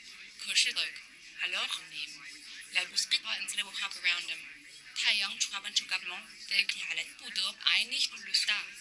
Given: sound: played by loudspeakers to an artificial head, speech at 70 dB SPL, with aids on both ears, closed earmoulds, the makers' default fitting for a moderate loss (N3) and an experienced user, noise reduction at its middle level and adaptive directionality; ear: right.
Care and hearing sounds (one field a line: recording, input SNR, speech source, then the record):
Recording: speech test signal (ISTS) in cocktail-party noise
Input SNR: +3 dB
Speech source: in front (0 degrees)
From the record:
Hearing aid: class 2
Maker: H